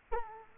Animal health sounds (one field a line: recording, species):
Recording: mosquito wingbeat signal from an infrared sensor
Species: Culex quinquefasciatus